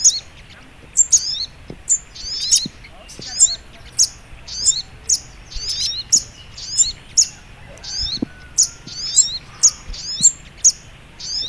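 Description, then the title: Little Spiderhunter song: sharp, high chirping notes repeated steadily, about two per second, over a faint hiss. Training (masteran) song in the Labaik style. "Masteran Burung Sogok Ontong Labaik"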